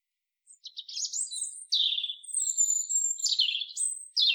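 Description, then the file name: European robin song: an unbroken, loud stream of high, sweet warbling with sliding whistles, rapid trills and abrupt jumps in pitch. "Erithacus rubecula"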